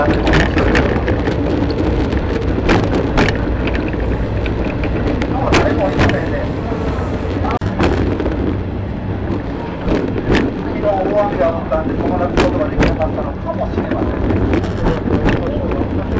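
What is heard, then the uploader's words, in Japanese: Riding the Shimanto Torokko open car on the Yodo Line: steady low rumble of the train, sharp rail clicks every few seconds, and voices talking. 予土線しまんトロッコ2号 江川崎→土佐大正。案内人の話を聞きながらのんびりと走っていきますが、トンネル区間が多いので結構轟音だらけになります。また意外と風が冷たいです。前日まで大雨だったこともあり川の水は汚かったですが、空気はとてもきれいに感じました。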